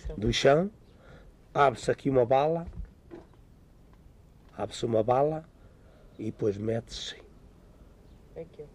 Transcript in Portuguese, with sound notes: do chão; abre-se aqui uma vala, [pausa] abre-se uma vala e depois mete-se
Aquele.